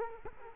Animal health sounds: mosquito wingbeat signal from an infrared sensor; Culex quinquefasciatus

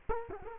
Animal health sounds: mosquito wingbeat signal from an infrared sensor; Culex quinquefasciatus

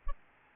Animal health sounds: mosquito wingbeat signal from an infrared sensor; Aedes albopictus

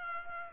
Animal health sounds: mosquito wingbeat signal from an infrared sensor; Culex pipiens

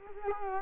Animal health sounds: mosquito wingbeat signal from an infrared sensor; Culex quinquefasciatus

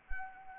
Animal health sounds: mosquito wingbeat signal from an infrared sensor; Anopheles arabiensis

